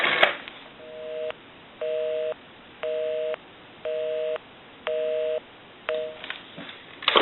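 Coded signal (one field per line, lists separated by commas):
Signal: telephone call progress tone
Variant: North America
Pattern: busy tone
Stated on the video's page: Northern Telecom Alexander Graham Plane telephone undergoing initial checkout and repair.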